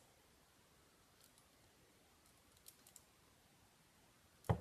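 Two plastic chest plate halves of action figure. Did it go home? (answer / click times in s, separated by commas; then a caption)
no / none. Two plastic halves of an action figure's chest plate are pushed together again and again but will not clip to each other or stay together. Faint plastic taps come around 1.2 s and 2.7–3.0 s, then a louder sharp knock at 4.5 s. Nothing has clipped together yet.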